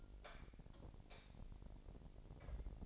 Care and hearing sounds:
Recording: daily activity, microphone in the room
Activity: light off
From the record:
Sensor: 5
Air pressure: 1012.0 hPa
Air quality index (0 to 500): 247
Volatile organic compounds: 4 ppm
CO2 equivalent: 1681 ppm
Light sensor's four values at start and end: 40/95/39/42 and 39/90/37/40

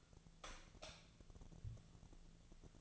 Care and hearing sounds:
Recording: daily activity, microphone in the room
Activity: light off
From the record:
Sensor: 4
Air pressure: 1000.8 hPa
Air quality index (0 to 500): 127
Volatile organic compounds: 1 ppm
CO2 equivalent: 950 ppm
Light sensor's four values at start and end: 36/92/38/41 and 34/82/34/37

